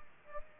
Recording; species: mosquito wingbeat signal from an infrared sensor; Aedes aegypti